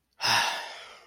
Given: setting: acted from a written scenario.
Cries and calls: vocal sound without words; serenity

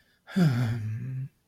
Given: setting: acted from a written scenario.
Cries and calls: vocal sound without words; guilt

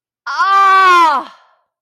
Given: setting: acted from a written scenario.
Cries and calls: vocal sound without words; ecstasy

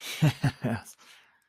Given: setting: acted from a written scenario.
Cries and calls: vocal sound without words; triumph

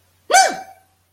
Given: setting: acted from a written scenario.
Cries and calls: vocal sound without words; negative surprise

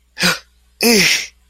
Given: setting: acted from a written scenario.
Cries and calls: vocal sound without words; fear

